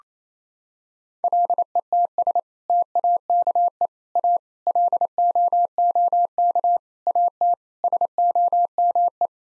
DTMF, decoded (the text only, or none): none